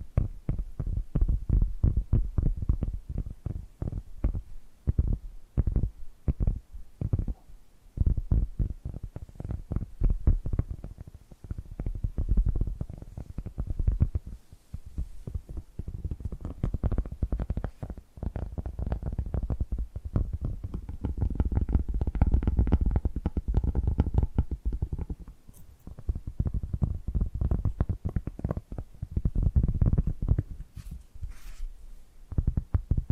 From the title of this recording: Hypnotic Tapping and Scratching Sounds